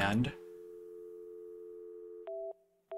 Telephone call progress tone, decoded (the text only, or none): dial tone